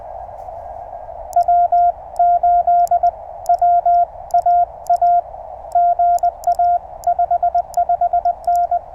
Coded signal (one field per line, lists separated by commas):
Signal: Morse code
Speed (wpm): 20 wpm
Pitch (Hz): 700 Hz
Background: radio noise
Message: W8WAA GA 55N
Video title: Amazing DX during a QRP CW POTA Activation!!